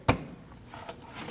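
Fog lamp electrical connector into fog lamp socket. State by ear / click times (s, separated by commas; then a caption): seated / 0.1 s. A left-side plastic fog lamp electrical connector is pushed onto the fog lamp socket of a 2012-2016 Honda CR-V 2.4L L4. A sharp, loud click at 0.1 s marks it seating, followed by faint quieter knocks around 0.7 and 0.9 s. The connector ends up seated and secure.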